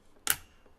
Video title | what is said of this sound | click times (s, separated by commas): How to - Building a PC - Part 2 | you hear that so that when you hear that you know that it's gone through | 0.3 s